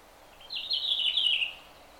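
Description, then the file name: Red-flanked bluetail singing a single short warbled phrase, a high jumbled run of notes about a second long, slightly falling at the end. "ruribitaki"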